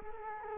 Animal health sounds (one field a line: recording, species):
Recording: mosquito wingbeat signal from an infrared sensor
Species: Culex quinquefasciatus